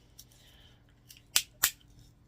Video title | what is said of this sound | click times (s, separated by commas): Budget Multitool Review Fishing Camping Hiking Knife Tool Overview Are They Worth It? | It's got a Oh, do you hear that? They got a click click. So it like locks into position. | 1.4 s, 1.6 s